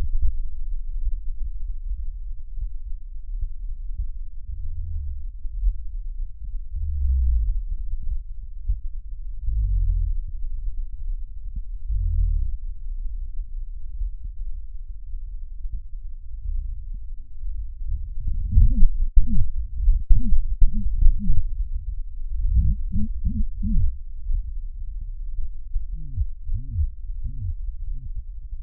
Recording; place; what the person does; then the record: lung sounds by stethoscope; right posterior basal chest; quiet breathing, then cough and speech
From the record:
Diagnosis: COPD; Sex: male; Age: 70 years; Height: 170 cm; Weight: 74 kg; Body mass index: 25.6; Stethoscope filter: bell mode